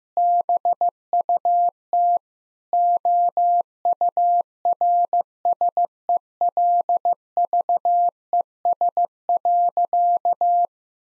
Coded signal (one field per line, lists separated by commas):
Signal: Morse code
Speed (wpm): 15 wpm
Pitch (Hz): 700 Hz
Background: none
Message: BUT OURSELVES.